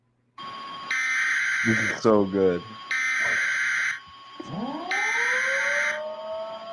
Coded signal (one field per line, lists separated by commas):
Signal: Emergency Alert System (SAME) tones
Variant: header bursts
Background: speech